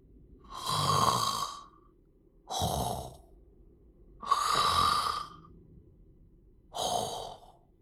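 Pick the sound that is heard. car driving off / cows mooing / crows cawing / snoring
snoring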